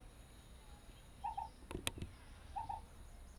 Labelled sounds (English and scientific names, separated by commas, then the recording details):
Black Coucal (Centropus grillii)
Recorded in northern Uganda